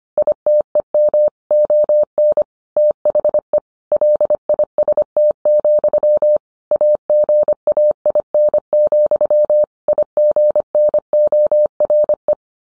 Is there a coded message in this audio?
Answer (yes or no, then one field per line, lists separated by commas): yes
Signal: Morse code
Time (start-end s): 0.2-12.3 s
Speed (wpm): 25 wpm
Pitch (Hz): 600 Hz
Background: none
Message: ITEM ON THE LIST, AGAIN, IGNORE